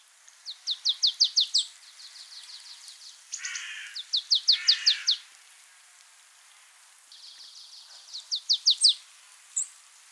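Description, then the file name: Marsh tit giving rapid rattling chip series, broken by two harsh, buzzy, lower notes. Fainter chipping notes continue between the louder bursts. "Poecile palustris"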